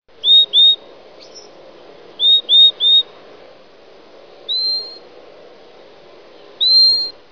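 Yellow-crowned euphonia giving clear, high whistled notes: short paired and tripled upslurred whistles, then two longer rising whistles, over a low background hum.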